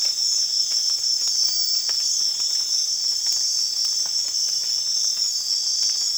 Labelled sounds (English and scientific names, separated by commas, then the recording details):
none
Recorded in secondary vegetation near Puerto Asís, Putumayo, Colombia, on 30 June 2025 at 04:30
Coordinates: 0.485, -76.322
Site GP06